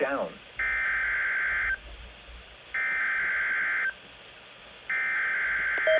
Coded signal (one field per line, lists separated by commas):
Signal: Emergency Alert System (SAME) tones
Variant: header bursts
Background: speech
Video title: KXI42 Required Weekly Test 5/28/25 EAS #424